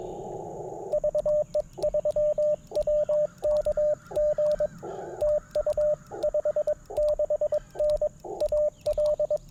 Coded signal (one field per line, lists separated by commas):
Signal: Morse code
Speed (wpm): 22 wpm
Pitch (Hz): 600 Hz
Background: radio noise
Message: VE3WKG TU 56N AL